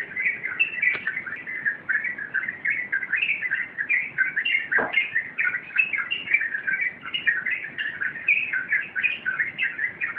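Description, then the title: Yellow-vented bulbul song with quick bubbling chirps running on without pause, plus a brief sharp click near the middle. Wild bird. "Master Burung Jos"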